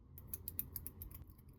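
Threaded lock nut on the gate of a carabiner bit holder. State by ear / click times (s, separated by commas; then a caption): stripped / 0.3 s, 0.5 s, 0.6 s, 0.8 s, 0.9 s, 1.0 s. A threaded locking nut on the gate of a metal carabiner bit holder is turned, and instead of running smoothly it jumps over the threads with a quick run of small, sharp clicks at 0.3, 0.5, 0.6, 0.8, 0.9 and 1.0 seconds. The nut skips threads, so the threading is stripped.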